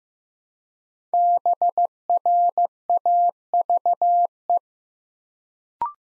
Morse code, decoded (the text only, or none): BRAVE